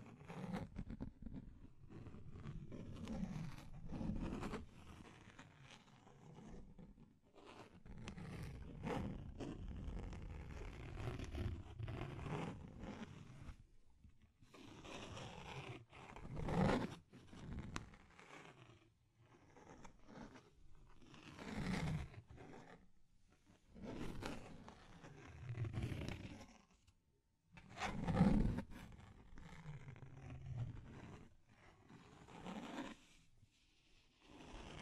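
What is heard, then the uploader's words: Deep scratching fills the recording, a rough low grinding that comes in long strokes with brief gaps. Several sharper, brighter scrapes cut through around 16, 22 and 28 seconds, and the sound fades to near silence at the end. Deep Scratching. (No Talking).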